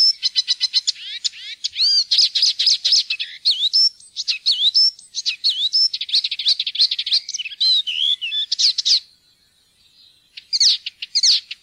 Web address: fuglelyder-1 gulsanger